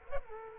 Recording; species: mosquito wingbeat signal from an infrared sensor; Culex quinquefasciatus